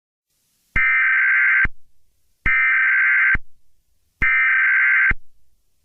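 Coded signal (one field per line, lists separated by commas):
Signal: Emergency Alert System (SAME) tones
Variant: header bursts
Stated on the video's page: Fictional alert scenario for entertainment, not for broadcast.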